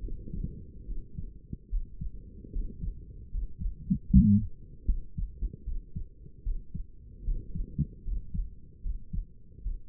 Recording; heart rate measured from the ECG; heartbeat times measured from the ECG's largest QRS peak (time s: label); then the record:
heart sounds by stethoscope; 75 bpm
0.01 s: heartbeat
0.86 s: heartbeat
1.69 s: heartbeat
2.52 s: heartbeat
3.31 s: heartbeat
4.07 s: heartbeat
4.86 s: heartbeat
5.64 s: heartbeat
6.43 s: heartbeat
7.24 s: heartbeat
8.04 s: heartbeat
8.82 s: heartbeat
9.63 s: heartbeat
From the record:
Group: healthy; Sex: male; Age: 35 years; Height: 180 cm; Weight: 86.9 kg